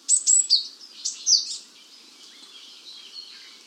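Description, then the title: Japanese tit giving a rapid burst of high, thin chirping notes for about a second and a half, then only faint background sound. "Suara burung gelatik batu jepang"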